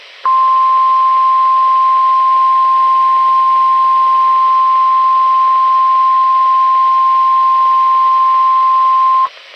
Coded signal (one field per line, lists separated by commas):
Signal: Emergency Alert System (SAME) tones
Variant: 1050 Hz attention tone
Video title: EAS Re-creation | 75 Knot Winds Indicated by Satellite? (1/15/2020)